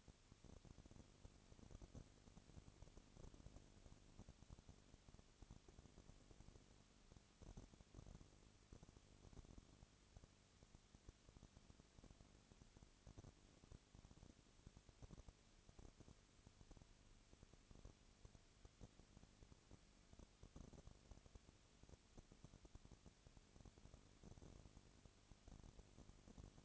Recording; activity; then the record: daily activity, microphone in the room; no activity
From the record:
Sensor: 4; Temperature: 22.3 degrees Celsius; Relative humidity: 32.7%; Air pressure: 1001.9 hPa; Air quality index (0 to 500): 185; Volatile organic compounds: 4 ppm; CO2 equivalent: 1631 ppm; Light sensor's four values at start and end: 2/3/1/1 and 2/3/1/1